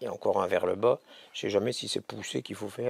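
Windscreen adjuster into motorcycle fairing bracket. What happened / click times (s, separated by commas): The latch is being handled but has not clicked into place yet / none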